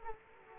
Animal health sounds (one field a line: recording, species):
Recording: mosquito wingbeat signal from an infrared sensor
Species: Culex quinquefasciatus